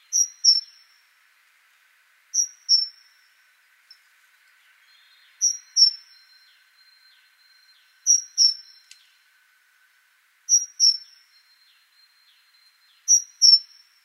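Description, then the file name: Great tit calls: six bright double notes a few seconds apart, one brief soft note between, and a faint background hum. "Parus major"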